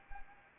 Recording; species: mosquito wingbeat signal from an infrared sensor; Anopheles arabiensis